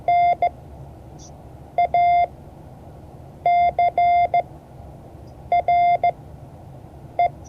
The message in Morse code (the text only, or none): NACRE